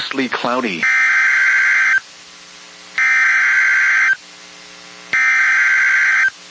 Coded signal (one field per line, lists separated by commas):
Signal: Emergency Alert System (SAME) tones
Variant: header bursts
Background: speech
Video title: EAS #1,921 Online NOAA Weather Radio Tornado Warning #4 (Confirmed Tornado) 5/16/25